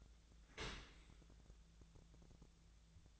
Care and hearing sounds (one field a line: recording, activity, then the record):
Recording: daily activity, microphone in the room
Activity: open dishwasher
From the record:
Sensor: 3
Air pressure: 1000.5 hPa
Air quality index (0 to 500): 174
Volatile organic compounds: 3 ppm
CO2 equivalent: 1507 ppm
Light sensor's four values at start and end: 13/35/14/15 and 13/35/14/15